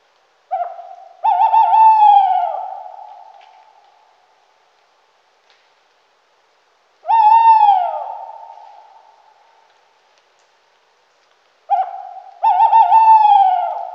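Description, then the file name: Tawny owl hooting: three long, wavering, mellow hoots that fade slowly, the first and last each preceded by a short note. "strix aluco"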